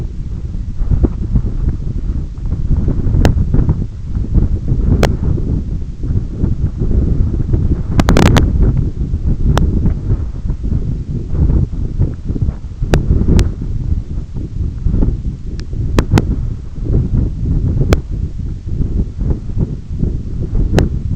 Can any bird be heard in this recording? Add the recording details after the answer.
no. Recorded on Arctic tundra, site EABA-1, on 20 June 2018. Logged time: 18:00